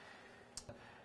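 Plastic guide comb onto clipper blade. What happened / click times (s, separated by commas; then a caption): The plastic guide comb snapped onto the clipper blade / 0.6 s. A groomer fits a plastic snap-on guide comb onto the metal blade of a dog's clippers. A single short, sharp click at 0.6 s shows the comb has seated, followed by a softer knock just after. There is no talk in the clip.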